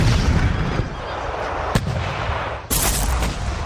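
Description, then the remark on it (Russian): Russian cannons fire together from the embrasures of a fortress over a steady rumbling roar: one sharp crack, then a heavy, loud burst of booming fire that carries on to the end, with no voices. “Наши пушки неожиданно появились в окошках крепости и как разом бахнули!”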